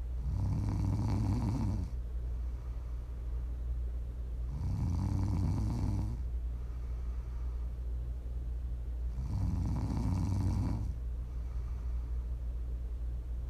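Prime ASMR snoring from a sleeping adult: low-pitched, rattling snores recur about every four to five seconds, with quieter breathing between them.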